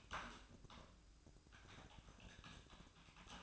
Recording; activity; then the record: daily activity, microphone in the room; typing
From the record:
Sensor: 2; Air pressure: 1007.5 hPa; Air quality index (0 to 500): 43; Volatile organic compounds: 1 ppm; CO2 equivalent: 549 ppm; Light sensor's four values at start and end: 8/19/8/8 and 8/19/7/8